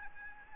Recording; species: mosquito wingbeat signal from an infrared sensor; Aedes albopictus